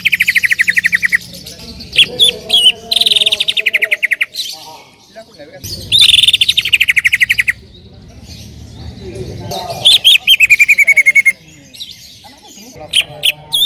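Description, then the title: Bird singing in bursts of fast, loud rattling trills broken by short pauses and a few sharp high notes, with a low hum in the background. "Kicau Burung"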